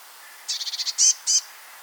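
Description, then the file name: Eurasian blue tit giving a short trill of rapid high notes followed by two louder, longer high notes, against quiet background hiss. "Cyanistes caeruleus"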